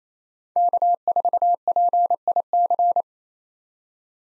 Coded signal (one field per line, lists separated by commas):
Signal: Morse code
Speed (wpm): 27 wpm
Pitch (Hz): 700 Hz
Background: none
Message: K4PIC